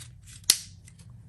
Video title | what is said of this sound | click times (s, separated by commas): Third Gen Camaro Aluminum Radiator Electric Fan Combo Install & Relay! Performance issues as well!! | So you want to put these here to snap in place. | 0.5 s